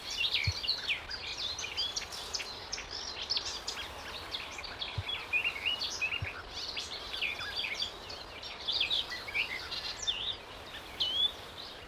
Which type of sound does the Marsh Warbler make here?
song